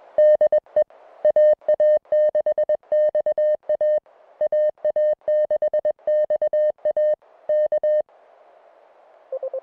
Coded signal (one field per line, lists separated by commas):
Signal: Morse code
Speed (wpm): 21 wpm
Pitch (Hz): 610 Hz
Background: music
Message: DE AA6XA AA6XA K